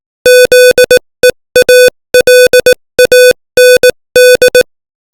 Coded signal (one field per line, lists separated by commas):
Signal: Morse code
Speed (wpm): 18 wpm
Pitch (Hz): 500 Hz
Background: music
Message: ZEALAND